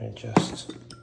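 A vodka spirit bottle is being handled and pushed toward its slot on a cocktail machine while someone talks over faint background music, with a brief louder knock near 0.4 s. The clip ends before the bottle goes home, so nothing has seated or clicked yet.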